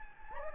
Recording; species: mosquito wingbeat signal from an infrared sensor; Anopheles gambiae